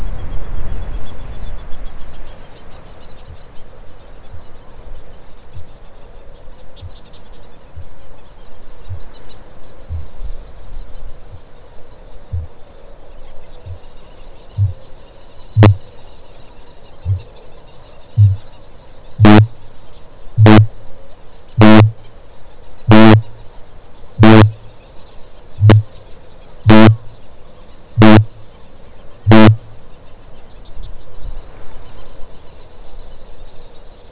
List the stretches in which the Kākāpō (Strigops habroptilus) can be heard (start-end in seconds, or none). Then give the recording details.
3.09-11.53, 12.16-14.80, 15.43-18.63, 19.00-29.82. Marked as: faintness 5/5, faintness 3/5, faintness 2/5, faintness 1/5. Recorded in New Zealand. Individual Stumpy